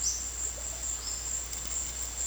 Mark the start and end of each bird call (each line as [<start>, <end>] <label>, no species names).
[0.00, 0.26] bird call
[0.98, 1.27] bird call